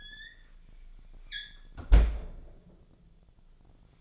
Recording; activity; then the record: daily activity, microphone in the room; close fridge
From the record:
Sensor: 5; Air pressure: 1009.8 hPa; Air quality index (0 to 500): 164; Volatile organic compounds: 4 ppm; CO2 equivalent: 1598 ppm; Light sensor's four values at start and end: 107/276/115/122 and 104/271/112/120